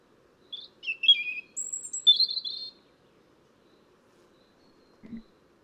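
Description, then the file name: European robin song phrase of high sweet whistles and tumbling twitters lasting about two seconds, then quiet with a soft low thump near the end. "Erithacus rubecula"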